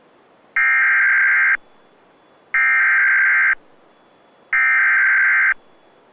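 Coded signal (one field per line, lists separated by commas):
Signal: Emergency Alert System (SAME) tones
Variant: header bursts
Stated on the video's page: Severe thunderstorm warning received on Weather Radio Canada with a WeatherSATR4000 receiver.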